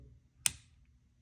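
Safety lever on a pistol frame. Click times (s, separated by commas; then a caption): 0.5 s. The steel safety lever on the frame of a CZ 52 Czech military surplus pistol in 7.62 Tokarev is moved to its first detent, giving one sharp, bright click at 0.5 s over a low background hum. The lever stops at the intermediate first of two clicks, so it is only partly engaged and not fully on safe, because the gun will still fire in this position.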